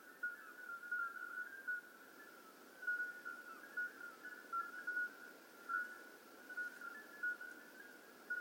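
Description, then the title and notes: Common midwife toads in chorus: many short, pure flute-like notes overlapping at slightly different pitches, pulsing steadily with no pause. Hundreds of toads calling simultaneously at slightly different pitches in an old disused quarry, outskirts of Lerouville; recorded just after midnight; calling begins at dusk and continues through the night. "Outskirts of Lerouville. Common Midwife Toads. Recorded by Colin Hunter. Music for Sleep project"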